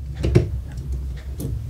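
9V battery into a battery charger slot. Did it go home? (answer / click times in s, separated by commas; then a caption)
yes / 0.4 s. A 9V rechargeable battery is pushed all the way into a bay of an EBL 9V battery charger. It seats with a sharp, positive click at 0.4 s, followed by fainter ticks around 0.7, 1.2 and 1.4 s. The battery is fully seated in the charger slot.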